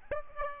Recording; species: mosquito wingbeat signal from an infrared sensor; Aedes aegypti